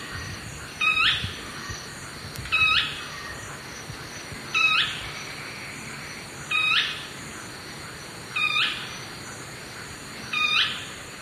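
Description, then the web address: Brownish twistwing song: sharp, short two-part notes repeated about every two seconds, six in all, over steady high insect buzz. Song, eastern lowlands of South America. "Natures Songs S America Eastern Lowlands. Cnipodectes subbrunneus, song"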